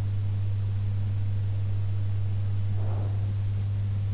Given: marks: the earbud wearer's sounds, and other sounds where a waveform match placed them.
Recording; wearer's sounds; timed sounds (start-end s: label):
sounds in sleep by an in-ear microphone; breath
2.68-3.37 s: breath